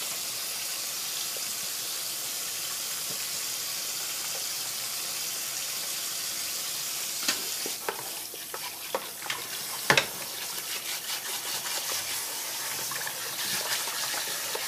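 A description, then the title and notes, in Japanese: Bonito tataki ramen being prepared: a steady, bright sizzling hiss runs throughout. After about seven seconds, light clinks and taps of utensils begin, scattered and irregular, with one sharp knock near ten seconds and more clatter toward the end. 環境音 かつおのたたきらーめん。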